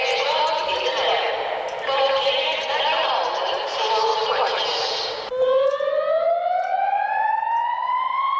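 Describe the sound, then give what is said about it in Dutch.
A loud public-address evacuation announcement in a tram tunnel in Voorburg, telling people to follow the signs, echoes for about five seconds at 1 a.m., then cuts abruptly to a rising alarm siren whose steady pitch climbs slowly upward; the sound carries kilometres away. “Om 1 uur vannacht klonk op volle sterkte de mededeling dat mensen de bordjes moesten volgen en vervolgens klonk er een sirene.”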